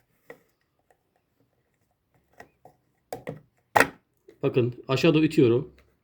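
A replacement filter cartridge is pushed down by hand into the reservoir of a Brita water filter pitcher, with faint taps and handling knocks around 0.3, 2.4 and 3.1–3.8 seconds before someone talks. Nothing has seated or clicked into place yet.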